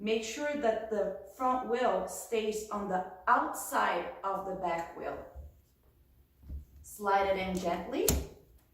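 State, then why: Not seated. The front wheel of a Comodita Avanti rolling walker is slid gently into the walker's frame tube, with the front wheel kept on the outside of the back wheel, while someone talks. A quiet pause is broken by a few faint low knocks of handling, with a brief sharper sound near 8.1 seconds as the talking resumes. Nothing has seated or clicked yet.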